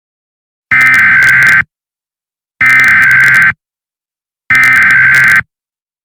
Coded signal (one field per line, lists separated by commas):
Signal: Emergency Alert System (SAME) tones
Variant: header bursts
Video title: The SMG3 Invasion: Meteor-X (An EAS Scenario)